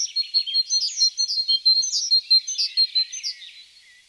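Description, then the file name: Great tit calls in a short burst: lively, high, slightly slurred chirps repeated fast, fading out near the end. "Parus major"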